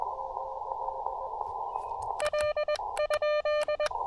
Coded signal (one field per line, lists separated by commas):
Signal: Morse code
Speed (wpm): 21 wpm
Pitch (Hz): 600 Hz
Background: radio noise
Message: L?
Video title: 5 Watts & 1 Hour = QRP POTA Energy Boost!